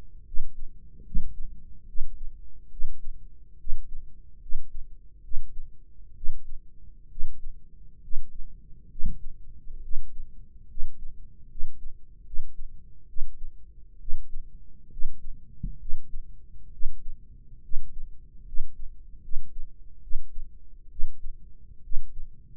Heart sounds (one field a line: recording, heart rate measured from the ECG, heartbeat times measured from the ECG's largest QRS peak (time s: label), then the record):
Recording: heart sounds by microphone in the right ear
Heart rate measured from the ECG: 70 bpm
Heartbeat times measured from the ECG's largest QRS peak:
0.24 s: heartbeat
1.03 s: heartbeat
1.86 s: heartbeat
2.69 s: heartbeat
3.57 s: heartbeat
4.39 s: heartbeat
5.21 s: heartbeat
6.14 s: heartbeat
7.08 s: heartbeat
8.00 s: heartbeat
8.88 s: heartbeat
9.81 s: heartbeat
10.67 s: heartbeat
11.47 s: heartbeat
12.23 s: heartbeat
13.06 s: heartbeat
13.98 s: heartbeat
14.89 s: heartbeat
15.78 s: heartbeat
16.70 s: heartbeat
17.61 s: heartbeat
18.44 s: heartbeat
19.21 s: heartbeat
20.00 s: heartbeat
20.89 s: heartbeat
21.82 s: heartbeat
From the record:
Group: healthy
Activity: rest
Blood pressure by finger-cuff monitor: 133/82 mmHg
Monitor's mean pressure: 97 mmHg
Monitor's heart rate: 69 bpm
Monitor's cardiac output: 5.7 L/min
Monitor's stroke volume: 82 mL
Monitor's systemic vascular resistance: 1250 dyn s/cm5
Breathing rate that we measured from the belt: 8 breaths a minute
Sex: male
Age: 21 years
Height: 180 cm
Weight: 67.5 kg